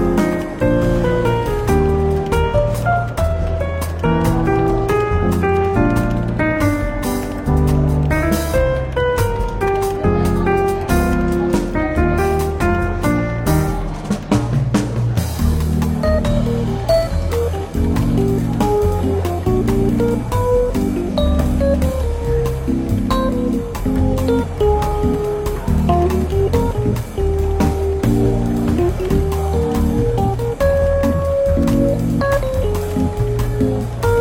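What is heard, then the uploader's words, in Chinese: Soft, relaxed jazz plays steadily throughout, with a walking bass line and clear melodic notes over a full, even mix. A light café murmur of voices and clatter sits underneath, and around fifteen seconds the music shifts to a new passage. 伦敦书店咖啡馆轻微喧闹氛围与柔和轻松的爵士背景音乐。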